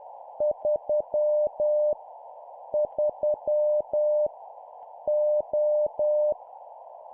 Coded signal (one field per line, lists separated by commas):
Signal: Morse code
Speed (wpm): 10 wpm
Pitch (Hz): 600 Hz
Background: none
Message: 3 3 O